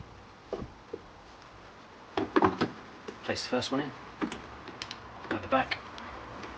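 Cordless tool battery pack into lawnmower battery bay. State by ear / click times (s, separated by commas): not seated / none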